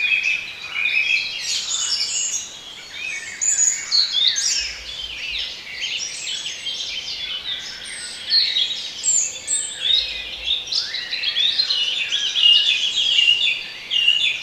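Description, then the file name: Birds in a busy chorus, high twittering and chirping phrases from several singers overlapping without pause, each burst rising and falling in loudness, over faint hiss. Intended for relaxation. "relaksacja odglosy ptakow"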